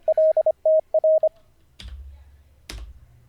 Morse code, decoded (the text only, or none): LTR